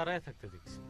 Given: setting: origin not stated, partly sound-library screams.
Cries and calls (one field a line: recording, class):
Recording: one-second piece from a danger detection set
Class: normal situation